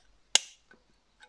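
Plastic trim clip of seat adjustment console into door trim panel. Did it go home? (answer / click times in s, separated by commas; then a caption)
yes / 0.3 s. A new plastic clip on the seat-adjustment console of an SL300 R129 is pressed into the door trim panel, replacing a clip whose pins had broken off so the console no longer held. It snaps in with one sharp, loud click at 0.4 s that rings out briefly, followed by two faint taps near 0.7 s and 1.2 s. The clip is seated.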